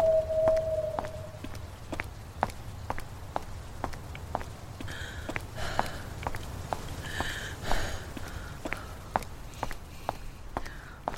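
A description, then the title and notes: Horror night ambience: a low rumble under steady, evenly spaced footstep-like clicks, a brief whine at the start, and hissing swells midway. Horror night ambience.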